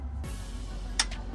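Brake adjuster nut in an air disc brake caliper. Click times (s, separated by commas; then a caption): 1.0 s. A wrench backs out the brake adjuster nut on a Bendix air disc brake caliper over a steady low background hum. The second detent click lands sharply at 1.0 s with a fainter echo just after, completing the two-click back-off and releasing the adjustment.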